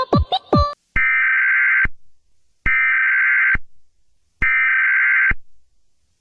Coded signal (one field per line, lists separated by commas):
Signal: Emergency Alert System (SAME) tones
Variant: header bursts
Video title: EAS Scenario - The Radio Demon (Hazbin Hotel)